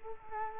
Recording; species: mosquito wingbeat signal from an infrared sensor; Culex quinquefasciatus